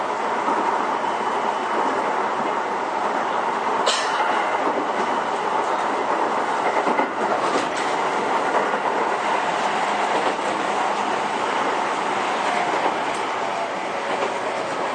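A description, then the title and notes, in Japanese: A Toei 10-300 series train runs between Shinjuku and Takaosanguchi, its steady rolling roar filling the whole clip at an even level. A sharp click or jolt cuts through near the fourth second, and fainter clacks follow around seven to eight seconds and near thirteen. 都営10-300形(3次車) 新線新宿〜高尾山口。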